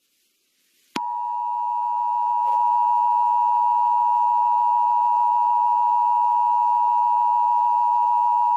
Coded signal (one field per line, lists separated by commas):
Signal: Emergency Alert System (SAME) tones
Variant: 853 and 960 Hz attention tone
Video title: EAS Scenario - Sudan Conflict